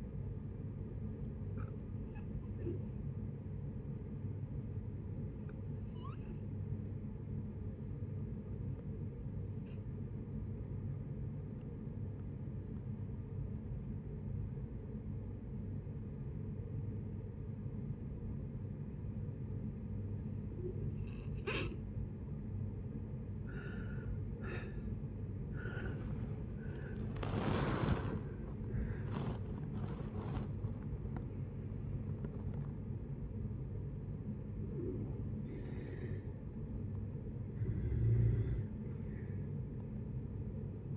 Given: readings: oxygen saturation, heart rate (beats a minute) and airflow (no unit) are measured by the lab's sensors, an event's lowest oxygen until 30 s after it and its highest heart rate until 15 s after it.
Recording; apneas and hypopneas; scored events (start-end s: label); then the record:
breathing in sleep by a smartphone at the bedside; 1
3.00-22.80 s: hypopnea (N1, oxygen 94% highest, then 81% lowest)
From the record:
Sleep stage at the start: N1 (lightest sleep); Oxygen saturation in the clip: 81 to 94%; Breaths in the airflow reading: 9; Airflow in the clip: -10.8 to 14.9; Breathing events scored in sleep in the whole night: 496 in 5.4 hours asleep